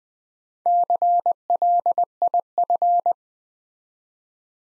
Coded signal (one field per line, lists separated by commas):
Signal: Morse code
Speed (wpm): 20 wpm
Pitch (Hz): 700 Hz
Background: none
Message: CLIF